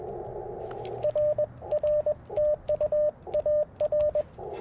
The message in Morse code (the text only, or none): RR TU AR